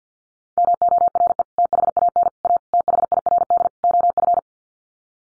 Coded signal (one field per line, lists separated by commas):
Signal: Morse code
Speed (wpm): 50 wpm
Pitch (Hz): 700 Hz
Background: none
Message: MORE THAN A THIRD OF